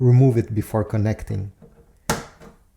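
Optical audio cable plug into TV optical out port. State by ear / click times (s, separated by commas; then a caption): seated / 2.1 s. An optical audio cable plug, its small plastic protector removed, is pushed into the optical out port of a TV for a Samsung HW-B650 soundbar setup. Someone talks, then a sharp click is heard at 2.1 seconds as the plug seats in the port.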